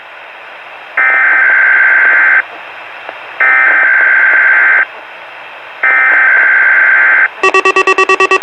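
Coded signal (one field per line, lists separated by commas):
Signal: Emergency Alert System (SAME) tones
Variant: header bursts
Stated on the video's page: Weatheradio Canada required weekly test.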